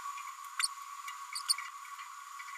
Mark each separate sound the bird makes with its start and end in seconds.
0.62-0.67, 1.35-1.40